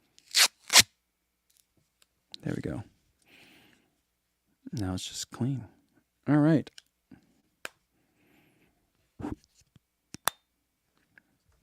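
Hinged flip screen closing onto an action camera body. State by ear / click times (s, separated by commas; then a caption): seated / 10.3 s. Someone talks while handling an Insta360 action camera, with short rustling and tapping sounds between the speech. The hinged flip-up rear screen is folded back down against the camera body and latches shut with a sharp, satisfying click at 10.3 seconds.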